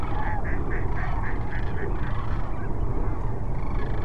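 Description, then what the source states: Sandhill crane calls in a quick run of several rolling, trumpeted notes early on, then softer scattered calls from the flock, with low rumbling noise beneath. Cochise Lakes, 30 January 2019; multiple cranes.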